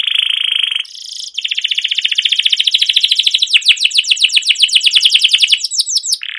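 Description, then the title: Canary song: a steady buzzy note, then a long rolling trill of quick repeated notes. Used as a lure (pancingan) to train other canaries to sing; song described as chirping, rolling and long-running (cuit cuit ngerol gacor panjang). "CUIT CUIT NGEROL LANGSUNG GACOR PANJANG Kenari Ini AMPUH Utk Pancingan KENAR"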